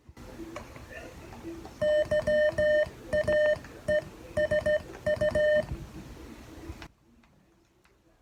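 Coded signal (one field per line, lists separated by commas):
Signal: Morse code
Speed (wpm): 15 wpm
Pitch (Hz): 600 Hz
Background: none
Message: YAESU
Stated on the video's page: Morse code lesson, homework for the third session of a learning series.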